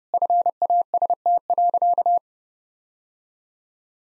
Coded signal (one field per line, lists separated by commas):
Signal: Morse code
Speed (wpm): 30 wpm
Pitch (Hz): 700 Hz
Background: none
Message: FAST.